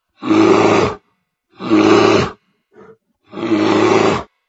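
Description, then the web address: Bear growling: three long, harsh, rumbling roars of about a second each, with a short, soft sound between the second and third. "bear medved"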